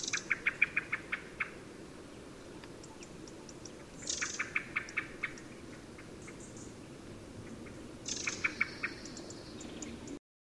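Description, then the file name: Common blackbird calling in repeated rattling bursts of sharp clicks, each run opened by a high thin squeal, over constant low background rumble. "Turdus merula"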